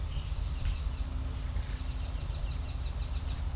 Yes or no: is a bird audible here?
yes